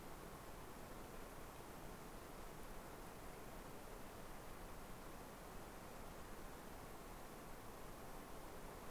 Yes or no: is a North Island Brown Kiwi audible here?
no